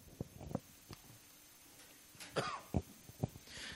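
A string of short, muffled coughs and throat clearing from an adult man who has been sick on and off for about six weeks.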